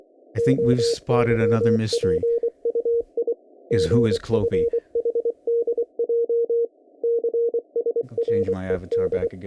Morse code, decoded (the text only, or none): OYPUI GFHDJ CSRED